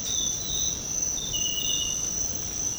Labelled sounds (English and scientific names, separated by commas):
none